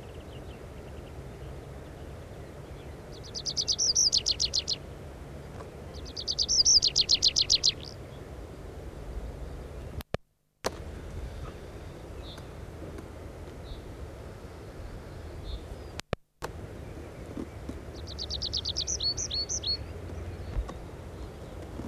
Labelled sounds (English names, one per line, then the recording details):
Tree Pipit song
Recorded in the wild
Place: Montreux, Kanton Waadt, CH
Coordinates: 46.4311, 6.93861
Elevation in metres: 1053
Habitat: mountains
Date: 1986-05-20
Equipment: Uher 4000 Report, Sennheiser MKH 815 T
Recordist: Tretzel, Erwin